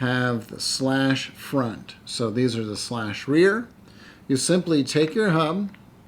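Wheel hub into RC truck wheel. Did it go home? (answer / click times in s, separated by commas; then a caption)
no / none. A plastic hex wheel hub is being handled and readied to push into the rear wheel of an RC truck tire while someone talks. Only speech is heard across the clip, and nothing has seated or clicked yet.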